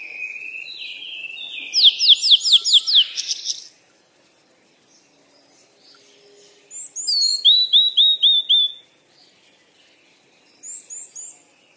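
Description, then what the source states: Birds chirping in rapid runs of sharp, evenly repeated notes, three bursts with silent stretches between them. Birds described as playing or frolicking.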